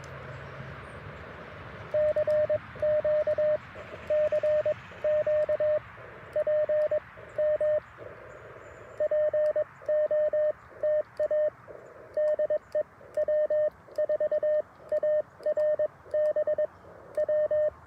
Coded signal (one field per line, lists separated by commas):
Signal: Morse code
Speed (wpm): 21 wpm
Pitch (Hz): 610 Hz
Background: radio noise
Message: CQ CQ P M POTA DE W4ARB W